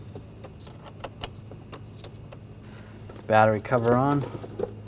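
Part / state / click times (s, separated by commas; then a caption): plastic battery cover onto the battery tray / not seated / none. A plastic battery cover is handled over the battery tray of a 2013–2019 Ford Escape 2.0L L4 during a high-pressure fuel pump replacement, with light taps and rattles around 1.0 to 2.3 seconds. Someone then talks from about 3.3 to 4.3 seconds. The cover has not yet snapped into place; nothing has seated or clicked by the end.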